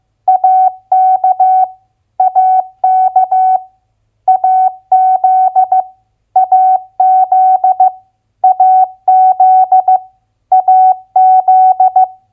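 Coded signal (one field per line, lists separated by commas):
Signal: Morse code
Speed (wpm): 15 wpm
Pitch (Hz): 750 Hz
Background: none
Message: AK AK AZ AZ AZ AZ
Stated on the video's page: Morse head-copy drill of US state abbreviations at 15 wpm.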